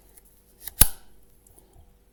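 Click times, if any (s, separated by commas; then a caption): 0.8 s. A pediatric pads connector is slid onto the cable connector of a ZOLL M2 defibrillator. A faint tick at 0.7 s leads into a sharp, bright click at 0.8 s, followed by a brief rustle and then quiet. The connector clicks together and is seated.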